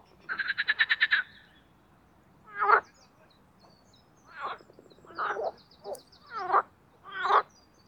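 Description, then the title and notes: Marsh frog giving a fast rattling trill, followed by several single hoarse croaks. Marsh frogs (Pelophylax ridibundus) in a spring mating chorus in an artificial boating pond, Parc Chédeville, Oise, after a cold night. "au Parc Chédeville dans l'Oise. des grenouilles rieuses"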